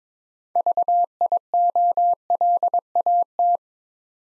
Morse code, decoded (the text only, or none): VIOLAT